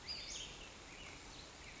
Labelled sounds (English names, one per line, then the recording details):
Western Flycatcher
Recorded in Sonoma County, California